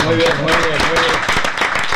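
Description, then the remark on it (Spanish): A crowd of people in a plaza applauds with steady, dense clapping for about two seconds, while voices call out over the claps. “Bueno, otro aplauso para la gente que está en la plaza.”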